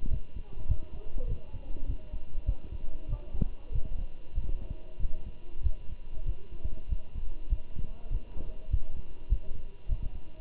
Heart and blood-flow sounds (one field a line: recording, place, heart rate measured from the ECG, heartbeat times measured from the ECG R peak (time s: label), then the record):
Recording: heart sounds by stethoscope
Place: between the tricuspid and mitral areas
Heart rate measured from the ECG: 98 bpm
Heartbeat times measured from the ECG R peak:
0.10 s: heartbeat
0.68 s: heartbeat
1.28 s: heartbeat
1.87 s: heartbeat
2.46 s: heartbeat
3.09 s: heartbeat
3.73 s: heartbeat
4.36 s: heartbeat
5.00 s: heartbeat
5.63 s: heartbeat
6.26 s: heartbeat
6.90 s: heartbeat
7.50 s: heartbeat
8.11 s: heartbeat
8.71 s: heartbeat
9.30 s: heartbeat
9.89 s: heartbeat
From the record:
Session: walking at 3.7 km/h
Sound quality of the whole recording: good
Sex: male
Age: 23 years